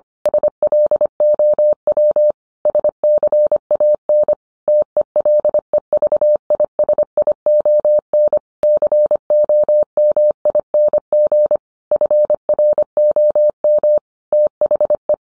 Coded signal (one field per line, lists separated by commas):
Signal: Morse code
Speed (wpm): 25 wpm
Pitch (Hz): 600 Hz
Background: none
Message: SLOW SCAN TELEVISION COMING FROM THE